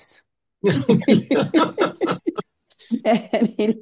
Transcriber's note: laughs